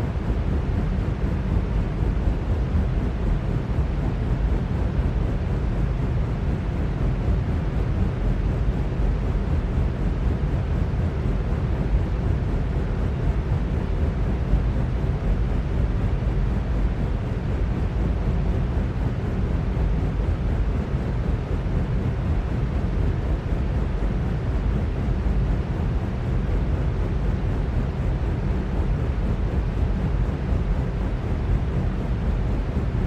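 A ceiling fan runs with a steady, dense whoosh of moving air that stays at one level for the whole stretch. The sound is weighted toward a low rumbling hum with a softer hiss above it, and nothing else breaks through.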